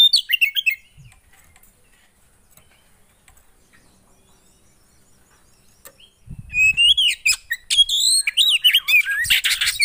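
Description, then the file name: Oriental magpie-robin song: a short whistled phrase, a long quiet pause, then a fast, loud run of sliding whistles and scratchy, noisy notes with some low thumps. Kacer song played to provoke a caged kacer, said to make it immediately agitated. "Burung kacer anda langsung emosi dengar ini"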